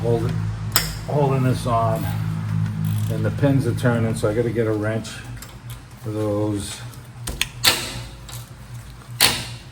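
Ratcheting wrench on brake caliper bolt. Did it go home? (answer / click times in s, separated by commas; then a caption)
no / 7.3 s, 7.4 s. While someone talks about removing the rear brake caliper from a 2018-2021 Lincoln Navigator, held on by a couple of 10 mm bolts whose guide pins are turning, a new Cornwell metal ratcheting wrench is used to loosen a caliper bolt. Its mechanism slips with sharp metallic clacks at 7.3 s and 7.4 s. The wrench is stripped out, a tool failure during removal.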